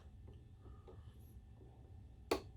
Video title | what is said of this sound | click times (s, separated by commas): Epson 84+ / 85+ LCD Projector Cleaning | these are also captive you'll hear them hop when they get to the top you can hear like a little click right | 2.3 s